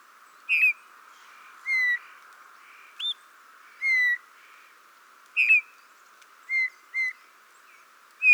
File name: Pyrrhula pyrrhula